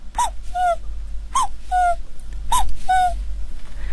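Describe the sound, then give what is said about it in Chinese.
A jaw harp, held in the mouth and plucked by hand, imitates a young, smaller cuckoo: three two-note calls, each a bright higher note then a lower one, with sharp plucked attacks over a steady low buzzing drone. No talking. “对，也有布谷鸟，布谷鸟就是它这个声音都是不一样的，因为这个年轻的布谷鸟这个叫法和这个老的布谷鸟都是不一样的。”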